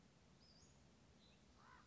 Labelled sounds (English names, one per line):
Western Flycatcher